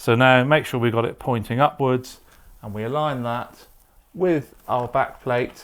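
A plastic smart home sensor body is held pointing upwards and lined up with its wall backplate while someone talks. Nothing has seated or clicked yet; the clip ends just before the sensor is twisted and clicks home onto the backplate.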